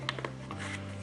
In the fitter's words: just like that and clicks into place